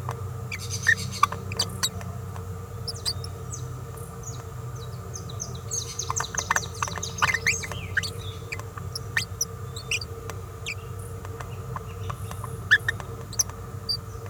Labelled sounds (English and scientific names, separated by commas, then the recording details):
Green-rumped Parrotlet (Forpus passerinus) babbling
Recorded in a nest box in Venezuela
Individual 18B17A4